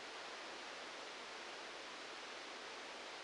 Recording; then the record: brain microelectrode recording played as sound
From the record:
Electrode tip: outside the subthalamic nucleus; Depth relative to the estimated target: -3 mm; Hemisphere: right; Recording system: NeuroSet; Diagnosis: Parkinson's disease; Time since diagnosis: 9 years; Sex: male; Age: 56 years